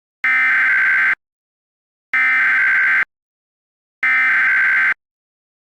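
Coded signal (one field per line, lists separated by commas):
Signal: Emergency Alert System (SAME) tones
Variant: header bursts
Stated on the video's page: Fictional Emergency Alert System scenario about a deadly virus, with voice actors; simulated.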